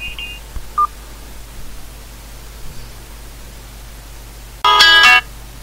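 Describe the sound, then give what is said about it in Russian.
Telephone dialing tones: two short, faint beeps, then a loud, harsh electronic tone burst lasting about half a second, all over a steady low hiss with no talking. “Ожидайте, мы перезвоним вам.”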